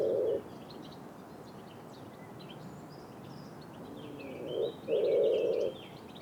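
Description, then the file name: Common wood pigeon giving deep, steady coos: a brief one at the start, later a soft lead-in note followed by a long, full coo, over faint twittering birds. "pigeon ramier"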